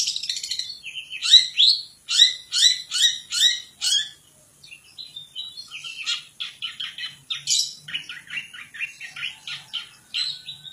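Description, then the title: Long-tailed shrike singing a varied, high-pitched song: bursts of bright chattering notes repeated rapidly, then a brief pause, then softer mixed twittering phrases. Champion singing bird. "Kicau Burung Cendet Juara"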